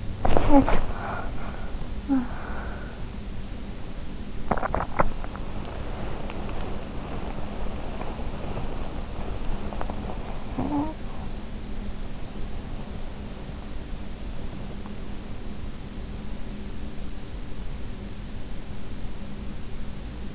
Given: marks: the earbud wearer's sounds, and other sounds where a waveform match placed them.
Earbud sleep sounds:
sounds in sleep by an in-ear microphone; talking in sleep, teeth grinding, body movement
0.00-2.95 s: talking in sleep
4.36-5.23 s: teeth grinding
5.23-10.37 s: body movement
10.37-11.15 s: talking in sleep

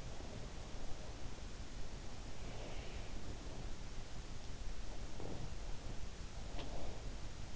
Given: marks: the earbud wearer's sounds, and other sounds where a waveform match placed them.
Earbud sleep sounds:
sounds in sleep by an in-ear microphone; breath, teeth grinding
0.13-1.37 s: breath
2.32-4.23 s: breath
4.94-5.75 s: teeth grinding
6.15-7.08 s: breath

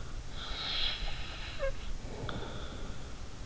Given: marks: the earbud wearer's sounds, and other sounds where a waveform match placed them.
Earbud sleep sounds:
sounds in sleep by an in-ear microphone; snoring breath
0.37-3.24 s: snoring breath

